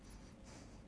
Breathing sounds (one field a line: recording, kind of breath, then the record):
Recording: one breath in and out by a microphone near the nose and mouth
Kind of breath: strong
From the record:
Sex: male